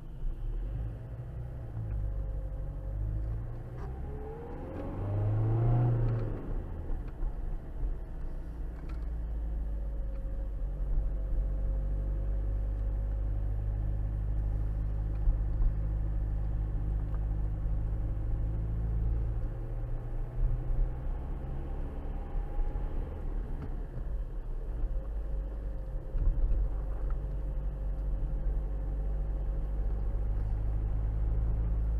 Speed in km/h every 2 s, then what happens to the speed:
5, 15, 27, 29, 24, 23, 24, 24, 24, 26, 31, 37, 35, 34, 35, 39.
0-5 speeds up to 29. 9-17 steady at about 24. 17-21 speeds up to 37. 21-32 steady at about 35.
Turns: none.